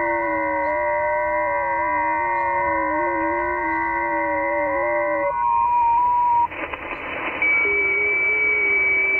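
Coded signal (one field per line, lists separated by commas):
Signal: FT8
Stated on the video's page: FT8 on 40m (7 MHz) from Mariana Islands, IC-7600 with SPE Expert 1.3K-FA amplifier and 40m dipole.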